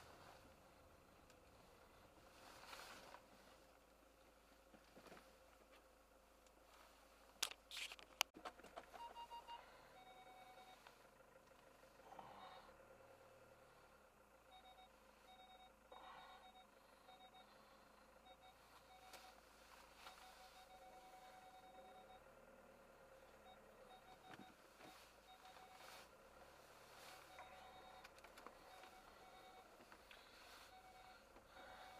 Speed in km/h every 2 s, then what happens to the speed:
9, 0, 0, 0, 0, 0, 0, 0, 0, 0, 0, 0, 0, 0, 0, 0.
1-30 standing.